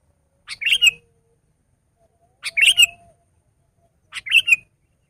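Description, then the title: Sooty-headed bulbul song: three short bubbly phrases of quick chirps spaced nearly two seconds apart. "kutilang"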